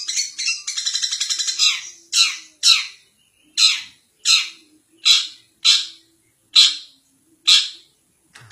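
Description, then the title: Long-tailed shrike singing, opening with a fast buzzy trill, then harsh grating notes repeated roughly every half to one second. "Cendet"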